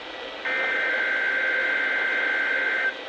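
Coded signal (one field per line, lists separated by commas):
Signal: Emergency Alert System (SAME) tones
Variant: header bursts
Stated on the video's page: Required Weekly Test on NOAA Weather Radio station KHB42.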